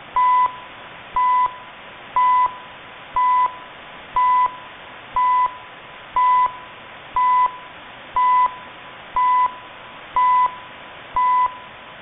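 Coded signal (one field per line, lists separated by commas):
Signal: radio time signal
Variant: CHU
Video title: Canadian CHU HF time signal at 7850 kHz in AM mode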